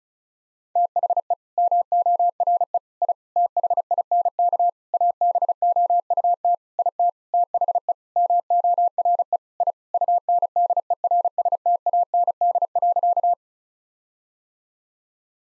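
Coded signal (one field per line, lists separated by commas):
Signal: Morse code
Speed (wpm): 36 wpm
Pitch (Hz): 700 Hz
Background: none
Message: THE MORE I THINK ABOUT IT THE MORE I UNDERSTAND.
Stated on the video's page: Morse practice at 35 wpm of sentences containing common nine-word phrases, each sentence sent twice.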